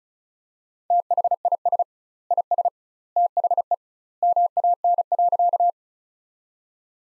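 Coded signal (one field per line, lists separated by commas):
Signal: Morse code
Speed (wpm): 34 wpm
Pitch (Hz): 700 Hz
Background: none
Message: THIS IS THE MAN.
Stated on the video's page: Morse practice sentences built from the 200 most common words, sent at 35 wpm with double word spacing, a word-level analogue of Farnsworth spacing.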